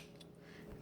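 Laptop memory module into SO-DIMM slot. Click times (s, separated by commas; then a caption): 0.2 s. A laptop memory module is slid at an angle into the SO-DIMM slot of a Toshiba Satellite S55t laptop, then pushed down until the side retention clips snap over it. A short, sharp click sounds at 0.2 s over a quiet background. The memory module is seated.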